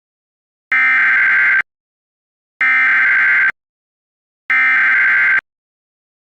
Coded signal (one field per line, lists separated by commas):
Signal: Emergency Alert System (SAME) tones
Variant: header bursts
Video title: EAS Scenario 16: Cat Entity's Return